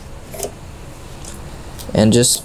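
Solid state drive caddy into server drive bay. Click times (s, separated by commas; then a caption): 0.4 s. A 3.84 TB enterprise solid state drive in its hot-swap caddy is slid into a drive bay of a Dell PowerEdge R740 server and latched. It seats with a short, sharp click at 0.4 s. Near the end, someone talks.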